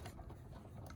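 A network cable plug is being handled and pushed toward the lowest free port on a piece of CSR hardware. There is only a second of low, steady rumbling handling noise with no sharp transients. Nothing has seated or clicked yet.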